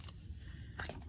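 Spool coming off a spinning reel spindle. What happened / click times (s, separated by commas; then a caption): The spool popped off its spindle / 0.8 s. The spool is pulled off the spindle of a vintage Airex Vagabond Model 1 spinning reel after some effort, with a low steady rumble underneath. A single sharp hit sounds at 0.8 s as the spool pops free, and it comes off okay with the reel's clicker seeming functional.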